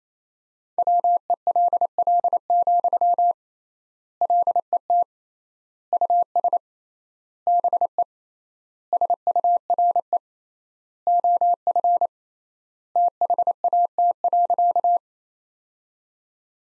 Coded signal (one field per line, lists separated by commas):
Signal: Morse code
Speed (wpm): 28 wpm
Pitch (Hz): 700 Hz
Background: none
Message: WELL, LET US BE SURE OF THAT.